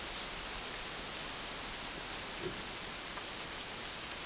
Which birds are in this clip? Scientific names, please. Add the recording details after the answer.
none. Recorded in dense forest near Puerto Asís, Putumayo, Colombia, on 21 February 2024 at 11:00. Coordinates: 0.499, -76.324. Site G6469